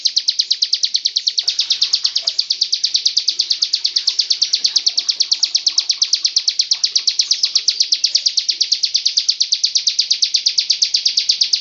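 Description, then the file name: Bird delivering a rapid, continuous trill of high, even chirping notes, steady throughout with little variation. Song in the ngebren style. "cb ngebren. omkicau"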